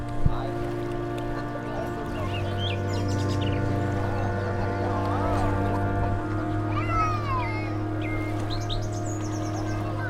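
Seagull calls and chirps break out over a steady low hum and faint voices, with sharper cries around seven seconds.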